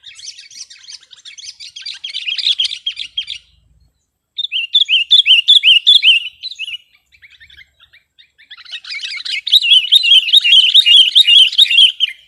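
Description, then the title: Sooty-headed bulbul song in three bursts of rapid chattering, bubbly notes separated by short pauses. "kutilang"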